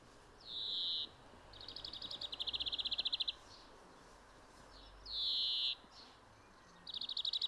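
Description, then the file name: European greenfinch producing long buzzy wheezes alternating with rapid trills, the first trill swelling in loudness, over faint steady hiss. "Chloris chloris"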